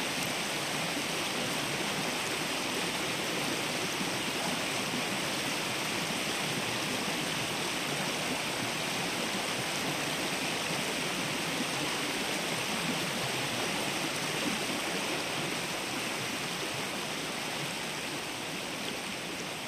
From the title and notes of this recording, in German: Binaural recording. Das Wetter ist eisig kalt und der Bach ist umrandet von dicken Eiszapfen.